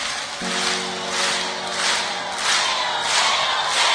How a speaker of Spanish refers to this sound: andamos todos juntos haciendo palmas todos, a ver.